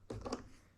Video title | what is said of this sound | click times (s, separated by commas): MUST DO MOD! - 2023 KTM HUSQVARNA 125 ECU Remmap | Hear the snap, | 0.3 s